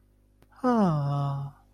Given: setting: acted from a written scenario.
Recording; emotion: vocal sound without words; adoration